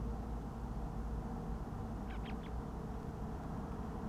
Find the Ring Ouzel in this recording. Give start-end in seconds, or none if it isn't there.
2.08-2.49